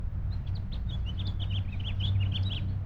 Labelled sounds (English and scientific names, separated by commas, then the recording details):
House Finch (Haemorhous mexicanus) song
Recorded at Lynbrook on Long Island, New York, on 17 June 1975
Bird D